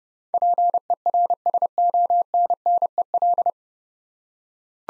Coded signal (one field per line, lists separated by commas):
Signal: Morse code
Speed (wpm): 30 wpm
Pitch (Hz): 700 Hz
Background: none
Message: PERSONNEL